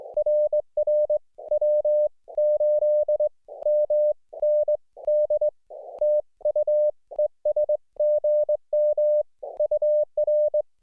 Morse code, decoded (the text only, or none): RR W8MND TU ES GM UR